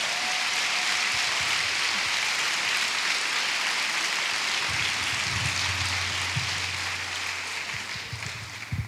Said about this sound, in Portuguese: Muito bem. Muitos uma parabéns. Palmas para as primas.